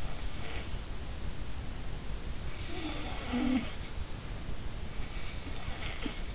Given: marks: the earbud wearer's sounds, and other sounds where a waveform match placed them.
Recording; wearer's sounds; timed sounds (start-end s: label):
sounds in sleep by an in-ear microphone; snoring breath
0.00-0.86 s: snoring breath
2.53-4.66 s: snoring breath
4.77-6.28 s: snoring breath